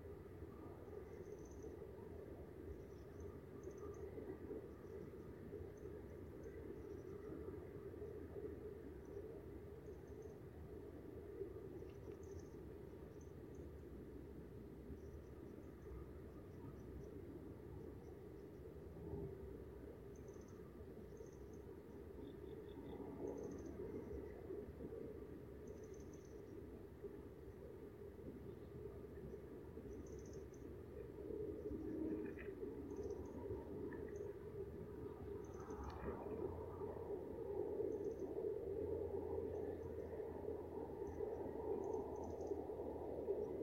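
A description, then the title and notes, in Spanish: A night soundscape built on a constant low, droning rumble like traffic or a passing train. Faint high chirps and ticks dot the whole stretch, a few brief sounds surface around the middle, and the rumble swells somewhat louder over the last few seconds. Paisaje sonoro: Una noche de celos.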